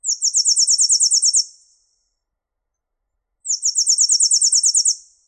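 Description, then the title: Bird giving two high, rapid trills of a dozen or so sharp notes each, separated by about two seconds of silence. "LuckyPassaros CompletosSama"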